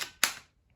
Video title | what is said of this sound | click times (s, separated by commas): 1/76 RC Sports Car (C72) Turbo Racing- RC Cincy- Unboxing & Table First Run | That click tells you it's in there. | 0.2 s